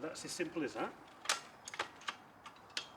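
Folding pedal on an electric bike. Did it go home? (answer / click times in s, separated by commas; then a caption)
yes / 2.8 s. Someone talks as the folding pedal on an Engwe Engine X electric bike is unfolded and pushed into position, producing a series of small metal clicks. A sharp final click at 2.8 s marks the pedal locking in place.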